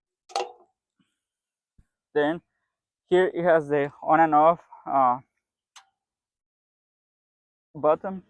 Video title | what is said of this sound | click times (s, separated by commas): House Wash Training | close it on make sure it clicks | 0.3 s, 0.4 s